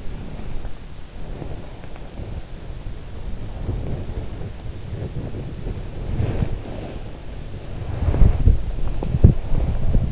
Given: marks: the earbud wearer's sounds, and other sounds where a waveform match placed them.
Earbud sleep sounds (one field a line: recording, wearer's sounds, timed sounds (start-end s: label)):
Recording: sounds in sleep by an in-ear microphone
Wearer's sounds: body movement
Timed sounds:
0.00-10.12 s: body movement